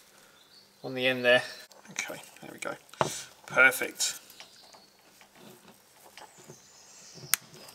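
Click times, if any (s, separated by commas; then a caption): 7.3 s. Someone talks while the lightly greased end of a new bonnet release cable is fitted into the release mechanism of a 2015 VW Passat 2.0 TDI. A sharp, satisfying click sounds at 7.3 seconds as the cable end seats in the mechanism.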